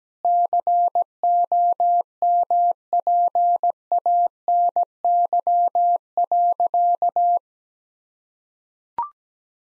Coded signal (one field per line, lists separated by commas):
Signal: Morse code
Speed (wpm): 17 wpm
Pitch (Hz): 700 Hz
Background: none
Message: COMPANY.